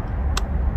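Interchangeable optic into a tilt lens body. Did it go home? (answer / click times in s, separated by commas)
yes / 0.4 s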